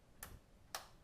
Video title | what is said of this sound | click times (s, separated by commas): CompTIA A+ 220-901 - Motherboard, RAM, CPU and Power Issues Part 3 | can hear those click on both sides that's what you want to hear right | 0.2 s, 0.8 s